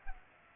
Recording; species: mosquito wingbeat signal from an infrared sensor; Culex pipiens